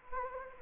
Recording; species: mosquito wingbeat signal from an infrared sensor; Anopheles gambiae